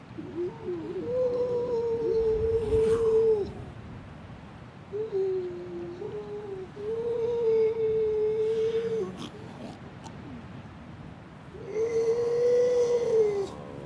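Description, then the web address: Grey seal moaning: four long plaintive wails, some wavering, against a constant rushing background. "gray seal"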